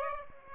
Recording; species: mosquito wingbeat signal from an infrared sensor; Aedes aegypti